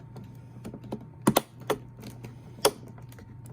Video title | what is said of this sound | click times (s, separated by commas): Installing all the parts on my new motherboard | yeah make sure you hear the clicks that's how you know it's in | 1.4 s, 2.7 s